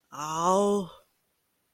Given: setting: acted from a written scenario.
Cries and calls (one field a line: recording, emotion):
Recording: vocal sound without words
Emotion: embarrassment